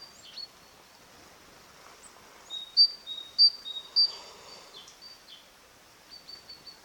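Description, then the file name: Great tit song, a brief series of three strong high-low whistled pairs in the middle, with quieter chirps before and after. "Parus major"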